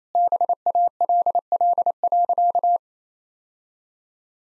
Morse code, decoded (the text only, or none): BALL.